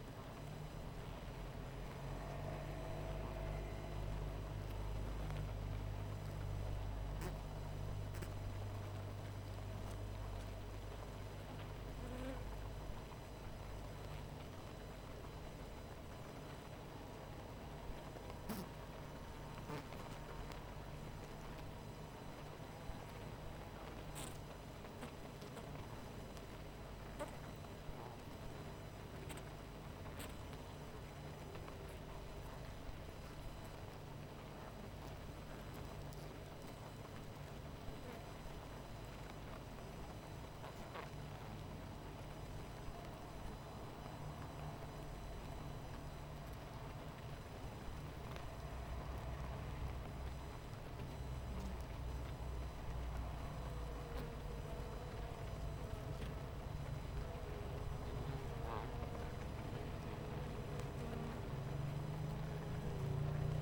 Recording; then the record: honeybee colony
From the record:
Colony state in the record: missing queen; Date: 14 July 2017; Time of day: 18:33